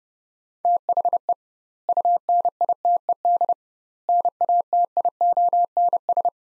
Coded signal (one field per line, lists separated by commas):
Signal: Morse code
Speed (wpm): 32 wpm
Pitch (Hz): 700 Hz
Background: none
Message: THE UNITED NATIONS